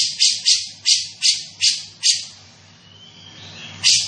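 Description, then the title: Grey-cheeked bulbul producing six harsh, scratchy notes at an even pace, then a quiet gap and one final rasp. Bird vocalising actively and persistently (gacor), with a dense and clear voice. "Cucak Jenggot Gacor, Suara Rapat Dan Jernih"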